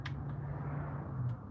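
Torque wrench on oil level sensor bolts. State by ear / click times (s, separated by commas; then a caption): torque reached / 0.1 s. A torque wrench tightens the oil level sensor mounting bolts in a star pattern until it reaches its setting and clicks. A sharp click is heard at 0.1 s over a steady low hum. A second faint tick comes near 1.3 s, and the torque setting is confirmed.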